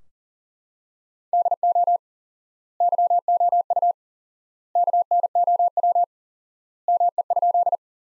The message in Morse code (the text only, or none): DO YOU KNOW ME?